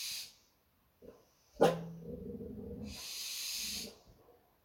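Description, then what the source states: Western barn owl producing a drawn-out hissing screech near the end, after a clipped one at the start, with a sharp knock and low rumbling sounds in between. Recorded 21 August 2020 at 23:19.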